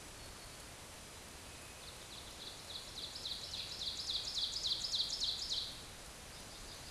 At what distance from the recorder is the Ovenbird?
about 30 m